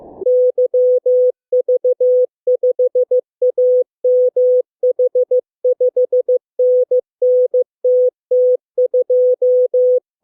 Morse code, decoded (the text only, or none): YV5AMH 5NN TT2